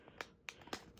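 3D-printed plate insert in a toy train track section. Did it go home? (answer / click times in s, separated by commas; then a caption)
released / 0.5 s. A 3D-printed plate insert is popped out of a LEGO-compatible toy train track section, and it comes free. Sharp plastic clicks sound at about 0.2 and 0.7 seconds, with the main release click at 0.5 seconds.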